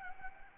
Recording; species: mosquito wingbeat signal from an infrared sensor; Anopheles gambiae